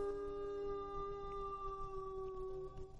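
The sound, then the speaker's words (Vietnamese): At midnight, a white dog standing on a rooftop lets out one long, sustained howl up at the moon, holding a steady mid-pitched wail with bright overtones for about three seconds before it wavers and trails off. “Nó đứng dậy bằng hai chân, rồi nhảy phóc lên nóc nhà, cầm theo cây tre làm gậy đi qua đi lại, ngửa mặt lên soi trăng mà hú một tràng dài.”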